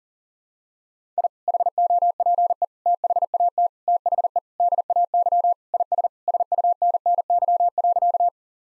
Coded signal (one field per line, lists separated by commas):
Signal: Morse code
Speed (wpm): 40 wpm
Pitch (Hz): 700 Hz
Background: none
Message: I HOPE THAT THE DAY IS SUNNY.